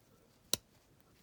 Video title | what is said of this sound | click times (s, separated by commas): Matchbox No. 164 Superkings Range Rover #Restoration/ Customisation #diecast | there we are you heard that click | 0.5 s